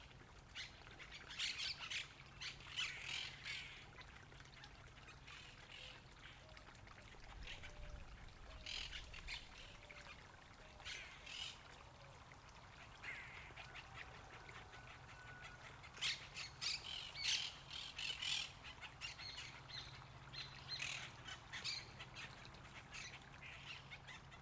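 Birds call and squawk across the Tigre delta in Argentina, with bright bursts and chatter coming in clusters every few seconds throughout. Some harsher, duck-like calls mix in, and a steady low hum runs underneath the whole time.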